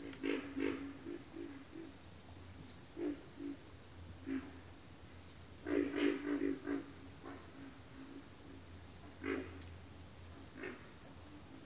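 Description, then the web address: Pig frog chorus, low snorting grunts repeated in uneven runs, a faint low hum beneath and a steady shrill cricket trill above. "Sleep Sounds of Nature. Pig Frogs"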